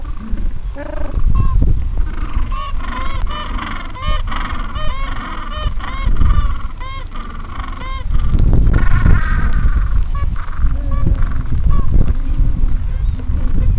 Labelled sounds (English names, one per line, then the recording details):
Gentoo Penguin
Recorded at the colony at Gold Harbour, on 26 December 2014
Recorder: Song Meter SM2+